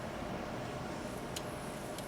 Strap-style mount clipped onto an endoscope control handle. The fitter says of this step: And it kind of clicks in place right here.